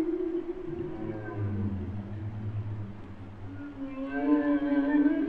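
Humpback whale song: low moaning tones and a deep rumbling groan, then higher wavering cries toward the end.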